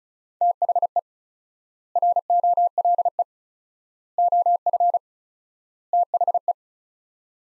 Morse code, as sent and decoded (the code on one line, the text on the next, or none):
- .... . / .-. --- .-.. . / --- ..-. / - .... .
THE ROLE OF THE